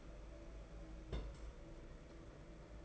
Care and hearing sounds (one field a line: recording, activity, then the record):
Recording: daily activity, microphone in the room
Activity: place on stove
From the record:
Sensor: 5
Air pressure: 992.1 hPa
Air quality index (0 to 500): 210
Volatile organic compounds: 1000 ppm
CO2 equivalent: 6091 ppm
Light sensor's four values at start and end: 6/14/5/6 and 6/14/5/6